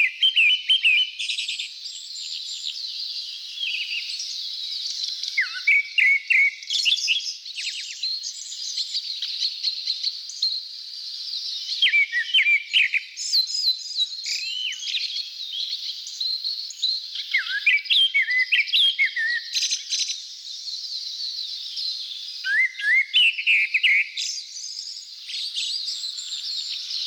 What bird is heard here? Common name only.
Grey-backed Thrush